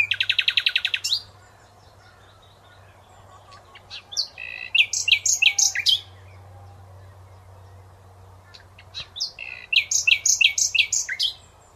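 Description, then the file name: Common nightingale singing: a buzzy rattle, then two loud phrases of rapid repeated chirps, with a steady low hum beneath. "Luscinia megarhynchos"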